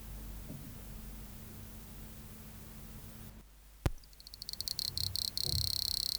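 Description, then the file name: Scaly cricket song begins after a sharp click, with high pulses accelerating into a steady, continuous buzzing trill; quiet background hiss before it. "Cycloptiloides sp 293 b"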